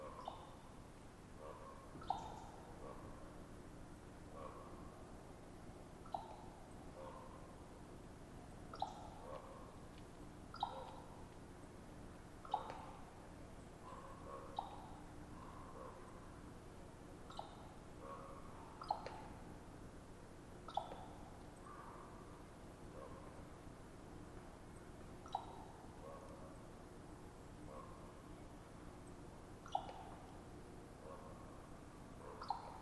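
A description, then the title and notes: Ravens trade short, hollow popping calls every second or so in an irregular back-and-forth, over a steady low hum. Raven Popping Conversation.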